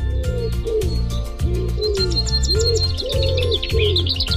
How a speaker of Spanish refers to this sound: Queremos contarles que estamos trabajando en un proyecto sobre las aves de la ciudad de Buenos Aires. ¿Serías capaz de reconocer un ave a partir de algunas pistas? ¿Podrías reconocer los cantos de las aves de la ciudad?